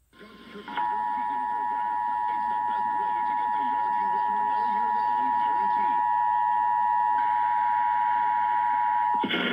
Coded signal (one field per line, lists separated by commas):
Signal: Emergency Alert System (SAME) tones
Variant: 853 and 960 Hz attention tone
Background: speech